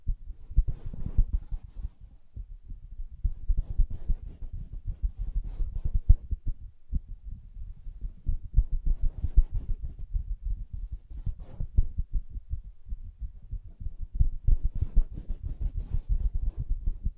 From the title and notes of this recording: ASMR Soft Fabric Surface Tapping & Scratching (No Talking).